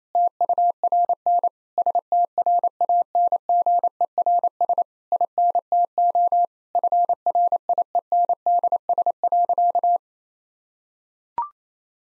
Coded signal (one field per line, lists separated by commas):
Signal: Morse code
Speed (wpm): 28 wpm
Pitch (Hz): 700 Hz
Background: none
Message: TURN STRANGERS INTO FRIENDS.